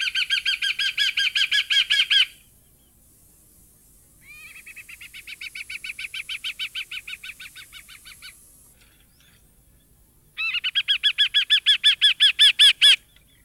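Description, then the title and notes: Variable hawk calling in rapid series of harsh, laughing notes, three bouts separated by pauses, the middle bout softer. "Museo de Ciencias de Bahía Blanca. Aguilucho (Geranoaetus polyosoma)"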